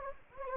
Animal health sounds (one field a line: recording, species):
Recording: mosquito wingbeat signal from an infrared sensor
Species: Anopheles gambiae